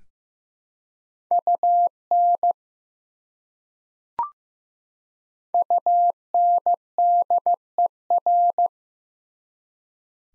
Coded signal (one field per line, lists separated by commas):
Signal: Morse code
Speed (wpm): 15 wpm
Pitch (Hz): 700 Hz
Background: none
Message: UN UNDER